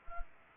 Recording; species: mosquito wingbeat signal from an infrared sensor; Anopheles arabiensis